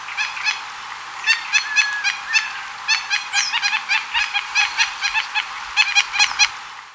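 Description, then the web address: Gray-breasted Mountain Toucan giving short, nasal honking notes in irregular bursts. Recorded in Ecuador. "Birds of Ecuador. Gray-Breasted Mountain Toucan"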